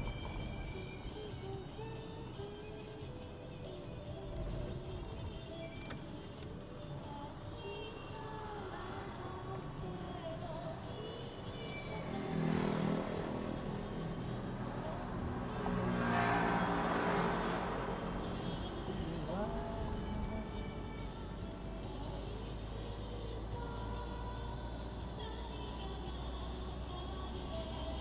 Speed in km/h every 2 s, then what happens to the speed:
25, 15, 13, 11, 9, 10, 11, 17, 18, 18, 18, 23, 24, 24.
0-7 slows to 9. 7-12 steady at about 10. 12-15 speeds up to 18. 15-20 steady at about 18. 20-28 speeds up to 24.